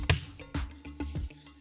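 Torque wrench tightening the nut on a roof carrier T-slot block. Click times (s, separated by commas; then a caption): 0.1 s. A special torque wrench tightens the nut on the outer T-slot block of a MINI roof-rail ski and snowboard carrier until it clicks at its setting. There is a single sharp, loud click at 0.1 s, followed by softer knocks and taps around 0.4, 0.55, 1.0, 1.3 and 1.6 s over a faint steady tonal background. The wrench reaches its torque setting with the click.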